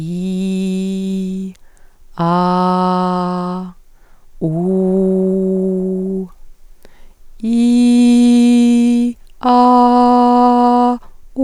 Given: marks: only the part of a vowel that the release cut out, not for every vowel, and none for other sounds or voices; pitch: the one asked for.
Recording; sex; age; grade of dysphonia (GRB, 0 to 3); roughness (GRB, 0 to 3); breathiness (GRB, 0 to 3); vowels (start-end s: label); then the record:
sustained vowels; female; 30 to 39 years; 1; 0; 0
0.00-1.34 s: vowel /i/, normal pitch
2.27-3.51 s: vowel /a/, normal pitch
4.53-6.10 s: vowel /u/, normal pitch
7.54-8.97 s: vowel /i/, high pitch
9.55-10.85 s: vowel /a/, high pitch
From the record:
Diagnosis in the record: functional dysphonia, phonasthenia (vocal fatigue); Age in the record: 36 years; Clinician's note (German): Leichte Form, stroboskopisch o.B.